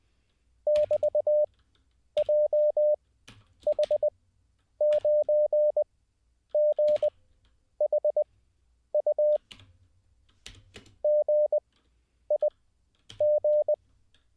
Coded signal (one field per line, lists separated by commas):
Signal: Morse code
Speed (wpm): 20 wpm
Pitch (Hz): 600 Hz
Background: none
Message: <BT>JH9GHU GIG